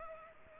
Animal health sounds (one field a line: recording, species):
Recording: mosquito wingbeat signal from an infrared sensor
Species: Culex pipiens